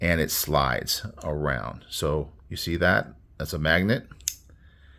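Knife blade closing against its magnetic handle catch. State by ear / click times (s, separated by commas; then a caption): seated / 4.3 s. Someone talks while swinging the blade of a small Boker folding knife, which costs under $10 and hangs on a chain, shut. Its magnet pulls the blade home with one sharp click at 4.3 s, and the knife is closed.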